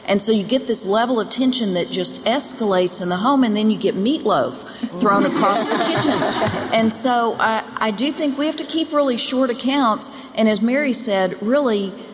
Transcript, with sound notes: So you get this level of tension that just escalates in the home, and then you get meatloaf thrown across the kitchen. (Laughter) So I do think we have to keep really short accounts, and as Mary said, really.